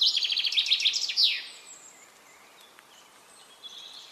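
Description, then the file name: Common chaffinch song, a quick run of high notes ending in a sharp descending flourish, followed by quiet background with faint bird notes. "Fringilla coelebs"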